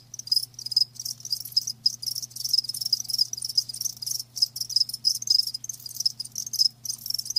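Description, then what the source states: Steady high-pitched cricket chirping in quick pulsed bursts with short silences between, a faint low hum underneath. Live crickets chirping, a lulling song.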